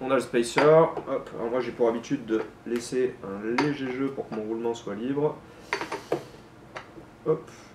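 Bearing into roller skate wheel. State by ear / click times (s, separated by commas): not seated / none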